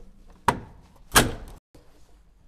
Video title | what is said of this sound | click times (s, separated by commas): Removal And Installation Of Vertical Valance | just push it back and I'm going to push it back and as I push it back you're going to hear it start clicking into place | 0.5 s